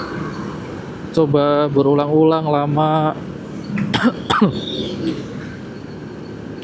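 Someone tries to fit an aftermarket lens filter onto the lens mount of a DJI Osmo Action 4 action camera, with someone talking from about 1.2 to 3.1 s, then several sharp handling knocks around 3.8 s, 3.9 s and 4.3 s. The filter will not go on or lock, apparently about 1 mm off and not compatible, so nothing has seated or clicked.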